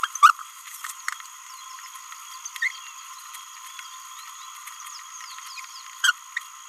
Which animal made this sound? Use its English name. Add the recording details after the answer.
Green-rumped Parrotlet. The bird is a male. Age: 27 days. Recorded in a nest box in Venezuela. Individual 17B31A2